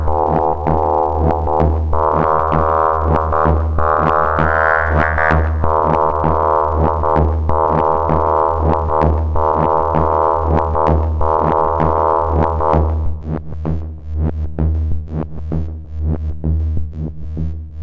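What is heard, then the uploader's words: A buzzing synth drone holds a low, steady pitch with a thick, raspy edge. Through the first thirteen seconds a brighter layer of overtones swells and shifts above it. After that the top thins out, leaving a grittier, flickering buzz over the same bass. Modular - Buzzsaw Drone 1. Mono-Drone patch.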